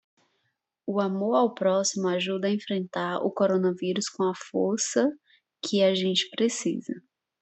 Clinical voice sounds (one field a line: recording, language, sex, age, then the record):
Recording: spoken sentence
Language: Brazilian Portuguese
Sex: female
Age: 20 to 29 years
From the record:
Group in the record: control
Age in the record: 26 years